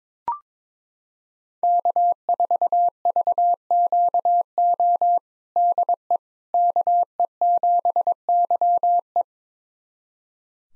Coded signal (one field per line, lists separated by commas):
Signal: Morse code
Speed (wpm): 22 wpm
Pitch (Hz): 700 Hz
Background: none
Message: K4VQO DE KE7YE